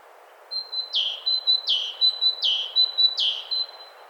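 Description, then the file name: Great tit song of repeated two-part phrases, a high steady whistle then a lower dropping note, about four phrases in quick even succession. "Parus major"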